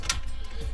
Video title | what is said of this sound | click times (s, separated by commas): Webstar Computer Build Tutorial | keep pushing it Forward till it clicks | 0.1 s